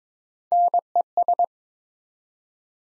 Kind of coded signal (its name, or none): Morse code